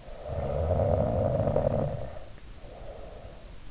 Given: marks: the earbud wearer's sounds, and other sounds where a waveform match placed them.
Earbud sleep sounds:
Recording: sounds in sleep by an in-ear microphone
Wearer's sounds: snoring breath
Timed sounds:
0.11-3.54 s: snoring breath

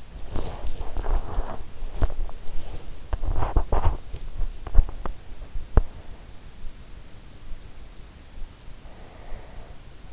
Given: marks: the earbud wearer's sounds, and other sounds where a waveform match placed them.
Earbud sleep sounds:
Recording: sounds in sleep by an in-ear microphone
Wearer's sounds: body movement, breath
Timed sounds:
0.00-6.30 s: body movement
8.77-10.13 s: breath

